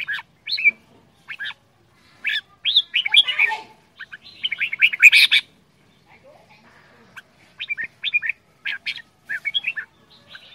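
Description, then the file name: Red-whiskered bulbul whistled song: a few bouncy phrases, a busy tumbling passage in the middle, then sparser notes. Quảng Ngãi, Vietnam; 'chè đao' bulbul, described as having a frantic voice. "tieng chao mao quang ngai che dao giong dien cuong"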